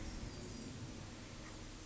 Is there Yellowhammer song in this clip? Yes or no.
no